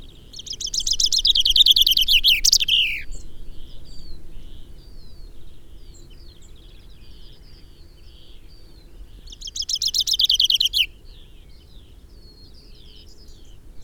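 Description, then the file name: Common chaffinch singing twice in rattling cascades of high notes, the first closing with a downward flourish, separated by several seconds of soft background twitter. "Fringilla coelebs"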